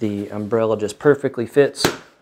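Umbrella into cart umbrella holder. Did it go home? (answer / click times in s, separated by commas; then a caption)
no / none. An umbrella is handled at the top umbrella holder of an AceBoxPro disc golf cart, after its tip has gone into the hole in the bottom box holder. Someone talks throughout, with a brief sharp noise near 1.9 s. The umbrella has not snapped into the top holder yet; nothing has seated or clicked.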